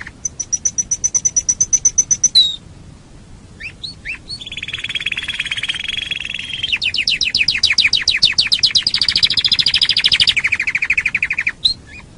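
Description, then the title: Canary song: a fast high trill of repeated notes, then a long buzzy rolling tour near the middle, followed by rapid pulsed trills that drop in pitch toward the end. "Kenari"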